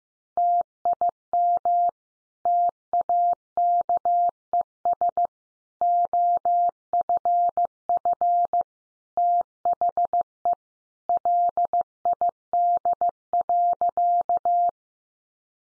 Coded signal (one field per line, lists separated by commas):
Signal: Morse code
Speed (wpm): 15 wpm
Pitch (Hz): 700 Hz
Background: none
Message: TIM TAKES OFF THE LID.